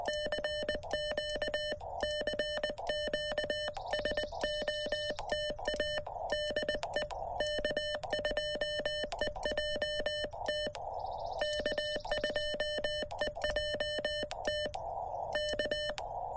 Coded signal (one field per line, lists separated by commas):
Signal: Morse code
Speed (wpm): 20 wpm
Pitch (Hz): 3000 Hz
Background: none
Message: CQ CQ SOTA DE K2EJT K2EJT K